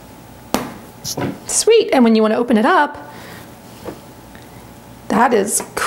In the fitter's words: So it looks like you close that part first, and then there's a magnetic part that just snaps into place.